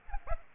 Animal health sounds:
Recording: mosquito wingbeat signal from an infrared sensor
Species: Aedes aegypti

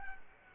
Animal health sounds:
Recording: mosquito wingbeat signal from an infrared sensor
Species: Culex quinquefasciatus

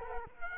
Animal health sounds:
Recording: mosquito wingbeat signal from an infrared sensor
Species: Culex quinquefasciatus

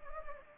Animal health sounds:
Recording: mosquito wingbeat signal from an infrared sensor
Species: Anopheles gambiae

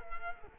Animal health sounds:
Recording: mosquito wingbeat signal from an infrared sensor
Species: Culex quinquefasciatus

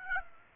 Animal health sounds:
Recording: mosquito wingbeat signal from an infrared sensor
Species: Aedes aegypti

